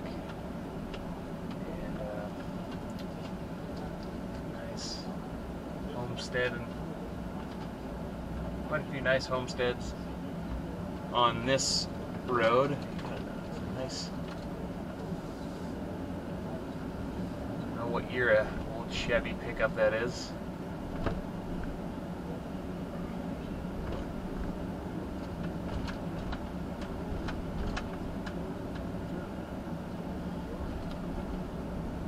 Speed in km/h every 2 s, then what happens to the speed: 15, 13, 10, 10, 8, 10, 13, 13, 16, 21, 19, 21, 23, 24, 24, 23.
0-9 slows to 8. 9-18 speeds up to 21. 18-32 steady at about 23.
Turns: 0-10.